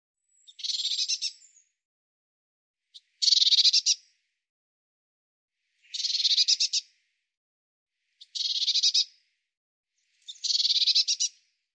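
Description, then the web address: Eurasian blue tit giving harsh, buzzy churring calls: five dry rattling bursts of about a second each, with a quiet background. "Deverinetal"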